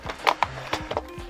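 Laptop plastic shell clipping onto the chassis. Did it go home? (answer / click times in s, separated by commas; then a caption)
yes / 0.3 s, 0.4 s. After the broken plastic around the hinges is reinforced with epoxy putty, a laptop's plastic shell is closed and pressed onto the chassis to test the fit. Sharp plastic clicks ring out at 0.3 and 0.4 seconds, followed by softer knocks near 0.7, 0.9 and 1.0 seconds. The shell clips in well and is seated.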